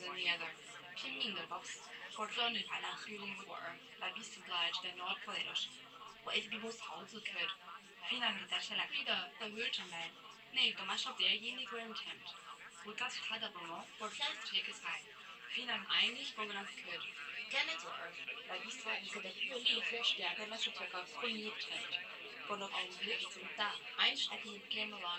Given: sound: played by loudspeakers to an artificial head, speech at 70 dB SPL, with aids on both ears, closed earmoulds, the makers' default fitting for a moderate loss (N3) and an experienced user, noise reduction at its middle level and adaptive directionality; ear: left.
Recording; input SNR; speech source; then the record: speech test signal (ISTS) in cocktail-party noise; +6 dB; on the right (90 degrees)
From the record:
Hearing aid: class 1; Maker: I